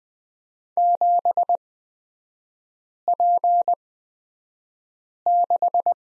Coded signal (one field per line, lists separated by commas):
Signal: Morse code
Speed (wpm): 20 wpm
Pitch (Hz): 700 Hz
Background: none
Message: 7P6